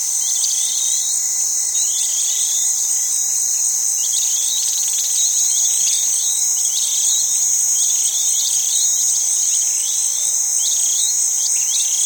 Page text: BBC Africa Senegal. Senegal: Suleti water holes on savanna (during dry season, with insects & birds (cicadas, purple starlings, distant red-beaked hornbills & doves)